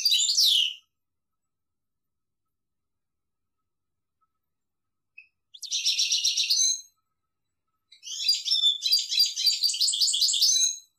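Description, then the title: European goldfinch song: three bursts of high, liquid twittering and buzzy trills, a short one, then a longer phrase and a final rapid tinkling run, otherwise silent. "Chant Chardonneret"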